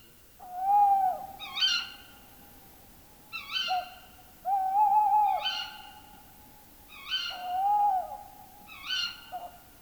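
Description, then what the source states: Tawny Owl calling: steady mid-pitched tones alternate with sharp harmonic calls, several rounds. Field recording from Finland, released 1987 on cassette.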